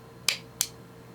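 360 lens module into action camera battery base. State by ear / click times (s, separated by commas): seated / 0.3 s, 0.6 s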